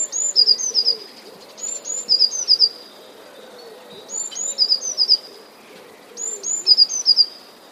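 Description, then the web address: Eurasian blue tit giving four quick phrases of high whistled notes, each ending in a fast trill, about every two seconds. "wroblowe teka spiew. wroblowe teka modraszkoteka"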